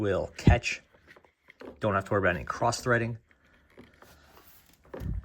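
A plastic filter cover is being screwed onto the filter housing of a Dyson Ball Animal vacuum through several turns while someone talks. Faint scrapes and light ticks of the threaded cap turning sound between the speech. Nothing has clicked or seated yet.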